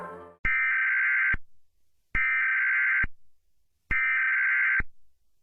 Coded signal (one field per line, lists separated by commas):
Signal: Emergency Alert System (SAME) tones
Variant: header bursts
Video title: EAS Collab Scenario 1 - Holy Ukrainian Reich (Collab w/ Dormio Studios Official)